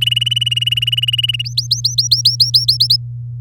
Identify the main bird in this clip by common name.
Domestic Canary